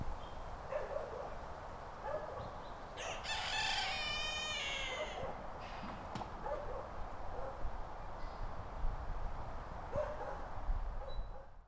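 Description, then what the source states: Rooster gives a single loud crow with strong harmonics over a steady low background rumble. Rooster in Nechells, Birmingham.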